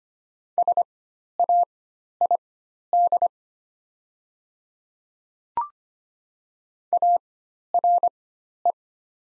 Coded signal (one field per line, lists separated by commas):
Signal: Morse code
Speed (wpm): 25 wpm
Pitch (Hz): 700 Hz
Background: none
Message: SAID ARE